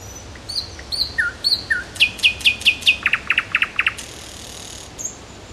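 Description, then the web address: Nightingale song: soft piping notes build into a fast series of loud chocks and rattling clicks, then a short noisy burst. "soud solovejj"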